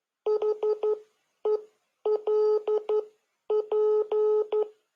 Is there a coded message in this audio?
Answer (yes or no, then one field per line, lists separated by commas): yes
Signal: Morse code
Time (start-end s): 0.3-4.6 s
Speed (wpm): 11 wpm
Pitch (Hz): 430 Hz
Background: none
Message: HELP